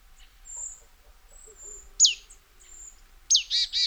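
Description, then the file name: Marsh tit call with a sharp downslurred note, then a sharp note followed by two buzzy notes; faint thin high whistles in the background. "Poecile palustris"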